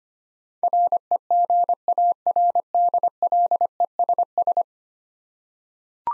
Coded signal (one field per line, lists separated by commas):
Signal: Morse code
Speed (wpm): 25 wpm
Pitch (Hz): 700 Hz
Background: none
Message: REGARDLESS